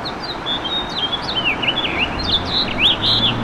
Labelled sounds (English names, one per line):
House Finch song